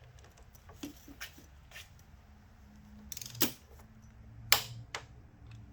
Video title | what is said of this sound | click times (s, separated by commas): sv650 shock swap | There's that nice click. | 4.5 s